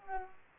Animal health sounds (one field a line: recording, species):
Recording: mosquito wingbeat signal from an infrared sensor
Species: Aedes aegypti